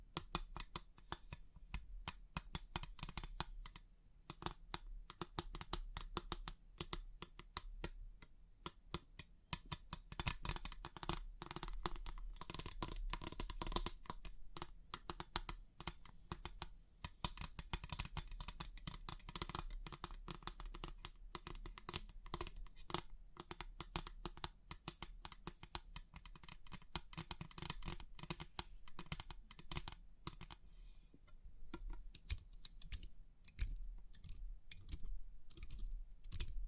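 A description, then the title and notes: Crisp pin art tingles: dense, rapid clicking and tapping rattles on steadily throughout, with sharper, sparser clicks near the end and a low steady hum. Crisp 3D Pin Art Tingles(No Talking).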